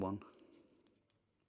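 The plastic inner cover of a tracker tag is pressed further down into the tag housing, working toward the second of its three clips. Someone briefly says a word at the start, followed by quiet handling noise. Nothing has seated or clicked yet.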